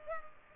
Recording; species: mosquito wingbeat signal from an infrared sensor; Culex pipiens